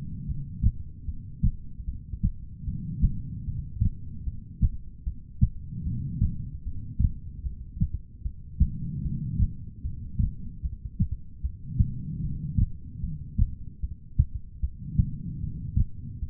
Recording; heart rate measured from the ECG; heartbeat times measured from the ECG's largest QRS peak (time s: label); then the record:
heart sounds by stethoscope; 75 bpm
0.26 s: heartbeat
1.06 s: heartbeat
1.85 s: heartbeat
2.65 s: heartbeat
3.45 s: heartbeat
4.24 s: heartbeat
5.04 s: heartbeat
5.84 s: heartbeat
6.63 s: heartbeat
7.43 s: heartbeat
8.23 s: heartbeat
9.02 s: heartbeat
9.82 s: heartbeat
10.62 s: heartbeat
11.41 s: heartbeat
12.21 s: heartbeat
13.01 s: heartbeat
13.80 s: heartbeat
14.60 s: heartbeat
15.40 s: heartbeat
16.20 s: heartbeat
From the record:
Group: heart failure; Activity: rest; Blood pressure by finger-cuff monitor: 111/81 mmHg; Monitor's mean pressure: 92 mmHg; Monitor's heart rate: 75 bpm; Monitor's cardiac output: 4.6 L/min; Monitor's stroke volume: 61 mL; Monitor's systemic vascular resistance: 1480 dyn s/cm5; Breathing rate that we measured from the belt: 20 breaths a minute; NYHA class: 2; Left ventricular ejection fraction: 58%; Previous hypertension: present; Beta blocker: bisoprolol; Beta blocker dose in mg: 5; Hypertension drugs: ramipril, spironolactone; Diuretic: furosemide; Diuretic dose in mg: 160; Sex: female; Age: 55 years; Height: 155 cm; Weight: 67 kg